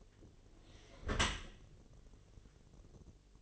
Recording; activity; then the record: daily activity, microphone in the room; close dishwasher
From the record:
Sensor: 4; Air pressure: 1007.5 hPa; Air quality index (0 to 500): 200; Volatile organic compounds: 7 ppm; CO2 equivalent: 1991 ppm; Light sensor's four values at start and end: 22/70/27/26 and 22/70/27/26